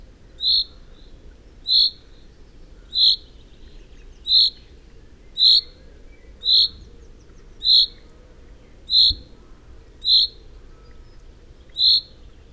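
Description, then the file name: Common chaffinch giving short, clear single call notes, one roughly every second and a quarter, steady and evenly matched throughout, over a quiet low background hum. "Common-Chaffinch- -Fringilla-coelebs"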